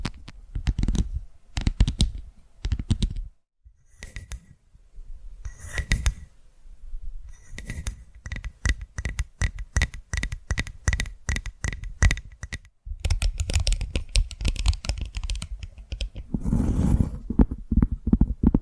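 ASMR tapping: quick, irregular taps and scratchy knocks fill most of the recording, with crisp clicks and a soft low thump beneath them. A brief silence falls near 3.5 seconds and another just before 13 seconds. A faint steady ringing tone runs through the middle stretch.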